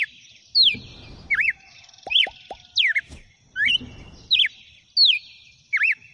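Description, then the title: Red-cowled cardinal giving repeated swooping whistles, accompanied by rustling and a few short plucked or tapping sounds between phrases. Female bird; song in the style called "açoite". "Canto Galo Campina Fêmea. GALO DE CAMPINA NO CANTO AÇOITE"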